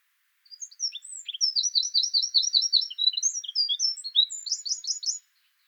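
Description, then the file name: Eurasian wren song, a rapid, loud run of high trills and twittering notes lasting about five seconds, with fast repeated phrases and no other sounds. "Troglodytes troglodytes"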